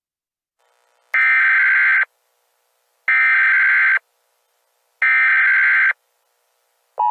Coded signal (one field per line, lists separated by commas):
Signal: Emergency Alert System (SAME) tones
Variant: header bursts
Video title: Push The Button: An EAS Scenario